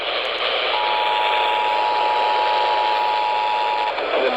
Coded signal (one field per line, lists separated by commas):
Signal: Emergency Alert System (SAME) tones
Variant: 853 and 960 Hz attention tone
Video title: Eas svr on kwkh 1130am Eas#636